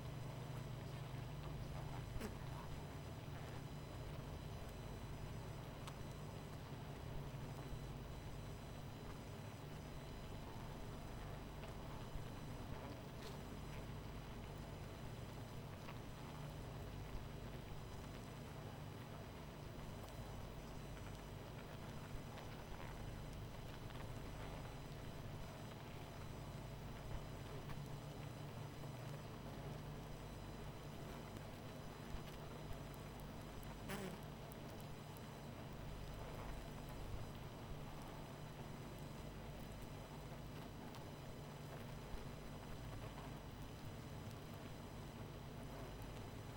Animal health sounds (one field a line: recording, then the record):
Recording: honeybee colony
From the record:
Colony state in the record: missing queen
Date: 14 July 2017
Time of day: 22:35